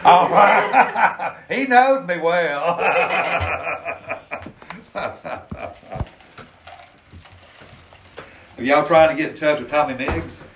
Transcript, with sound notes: Alright [laughs] he knows me well. Y’all trying to get into touch with Tommy Megs?